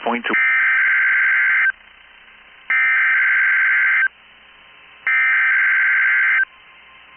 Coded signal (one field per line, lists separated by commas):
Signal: Emergency Alert System (SAME) tones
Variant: header bursts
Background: speech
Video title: 11/9/22 BOX'S RWT On WXL93 And KEC73 EAS#261-#262